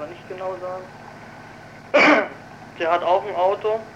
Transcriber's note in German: hustet